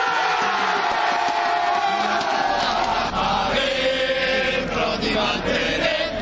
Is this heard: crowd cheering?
yes